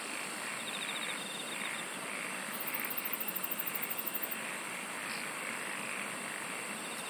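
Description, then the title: Singing insects give a constant high whine, with a brief chirp series early and a fast, very high pulsed trill lasting nearly two seconds in the middle. "SINGING OF INSECTS"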